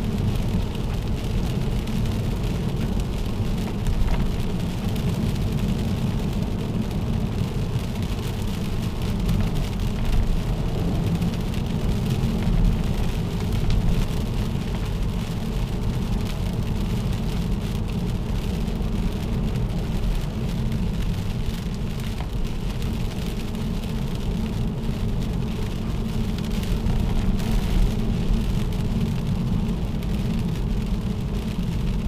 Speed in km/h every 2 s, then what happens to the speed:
78, 78, 79, 80, 76, 73, 70, 69, 66, 64, 64, 65, 65, 64, 62, 58.
0-6 steady at about 78. 6-18 slows to 64. 18-26 steady at about 64. 26-32 slows to 58.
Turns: none.